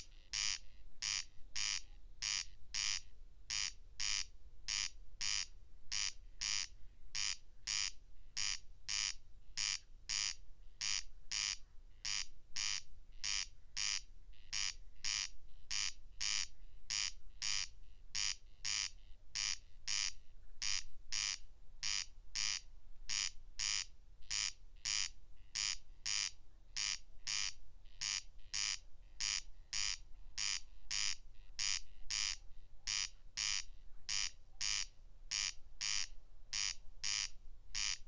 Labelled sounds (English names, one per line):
Corn Crake song